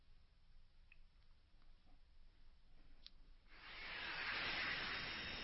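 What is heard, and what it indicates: After about three quiet seconds, a loud, steady, high-pitched hiss begins: a simulation of one adult's tinnitus.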